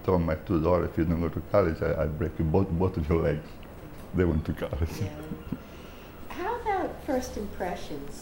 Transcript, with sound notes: I told my two daughters, "If you don't go to college, I'll break both of your legs." They went to college [laughs]
How about first impressions?